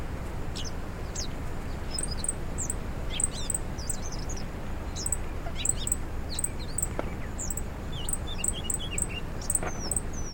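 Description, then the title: Bird giving high, sharp chirps in repeated bursts, plus a few sliding whistled notes, over heavy, steady low background noise. "LuckyKumpulan SuaraBurung"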